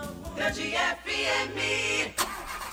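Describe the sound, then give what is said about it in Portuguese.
In a radio advertisement for the Posto Dois Amores fuel station, a car engine cranks and sputters in a few rough, uneven bursts, coughing without catching, then cuts off briefly before one last short attempt. Fairly loud, with no voices. “Xiii, seu carro tá assim. Você não abasteceu no posto Dois Amores.”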